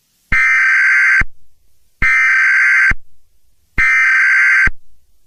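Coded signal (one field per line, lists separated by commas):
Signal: Emergency Alert System (SAME) tones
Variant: header bursts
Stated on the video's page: Fictional EAS scenario; simulated alert tones.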